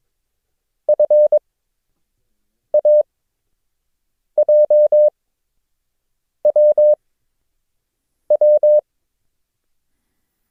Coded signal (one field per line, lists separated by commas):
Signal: Morse code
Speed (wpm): 22 wpm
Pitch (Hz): 600 Hz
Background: none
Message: FAJWW